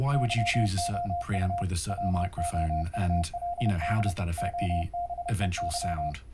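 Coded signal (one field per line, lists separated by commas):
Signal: Morse code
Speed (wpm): 30 wpm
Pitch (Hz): 700 Hz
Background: speech, radio noise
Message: YOU WOULD OBEY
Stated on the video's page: Morse audio on a 33.7 kHz AM signal received over an IP stream, demodulated by a homebrew Rohde's AM detector receiver, played through a class D amplifier.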